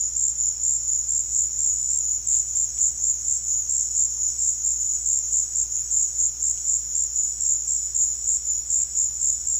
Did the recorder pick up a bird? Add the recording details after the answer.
no. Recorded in pastures near Puerto Asís, Putumayo, Colombia, on 8 March 2025 at 16:00. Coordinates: 0.502, -76.324. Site GP07